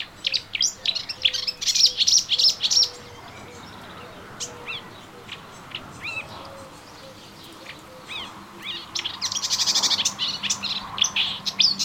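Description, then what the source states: Melodious warbler song: quick high twittering phrases at the start and again late, with a quiet middle and a soft low hum beneath. Recorded in a garden on 25 June 2017.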